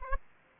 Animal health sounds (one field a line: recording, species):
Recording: mosquito wingbeat signal from an infrared sensor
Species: Aedes aegypti